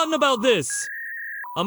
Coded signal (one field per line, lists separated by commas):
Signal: fax machine handshake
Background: speech